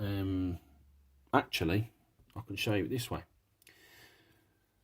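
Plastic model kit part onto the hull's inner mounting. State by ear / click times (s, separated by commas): seated / 3.6 s, 3.7 s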